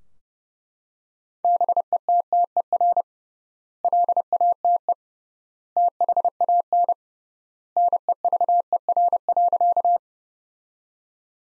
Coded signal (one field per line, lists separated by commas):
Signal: Morse code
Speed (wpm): 30 wpm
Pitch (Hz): 700 Hz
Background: none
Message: BETTER LATE THAN NEVER.